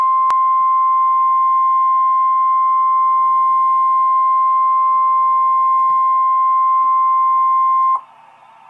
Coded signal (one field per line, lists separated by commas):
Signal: Emergency Alert System (SAME) tones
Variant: 1050 Hz attention tone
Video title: REAL EAS 1177-Tornado watch